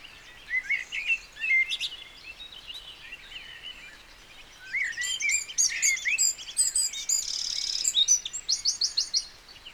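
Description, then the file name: Eurasian wren song, a fast tumbling series of shrill notes with a dry trill, following lower whistles from other birds in the first half. "Troglodytes troglodytes"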